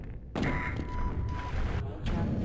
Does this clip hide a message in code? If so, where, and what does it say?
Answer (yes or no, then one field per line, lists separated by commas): no